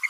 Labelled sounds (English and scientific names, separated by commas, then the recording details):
Green-rumped Parrotlet (Forpus passerinus) babbling
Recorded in a nest box in Venezuela
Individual 18B25A3